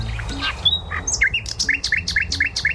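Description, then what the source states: Common nightingale song: a few varied whistles and a sharp rising note, then a fast run of repeated upswept chirps. Played as a recording in a top-10 bird song quiz, ranked second.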